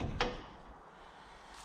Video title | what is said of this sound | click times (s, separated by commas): Toyota Land Cruiser Front Brakes Replacement And Tricks | Little clicks. | 0.2 s